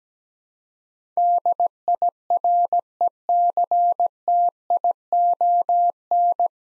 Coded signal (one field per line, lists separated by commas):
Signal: Morse code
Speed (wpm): 17 wpm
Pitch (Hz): 700 Hz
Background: none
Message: DIRECTION